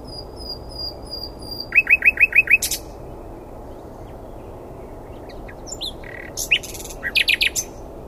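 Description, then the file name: Common nightingale song: thin whistled notes at the start, then a fast run of loud repeated chirps, a pause, and another burst of rapid rattling phrases. "Luscinia megarhynchos"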